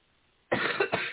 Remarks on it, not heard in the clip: I still got my cough. For days. I have Slippery Elm, which is also good for sore throats and stuff. But it's allergy stuff.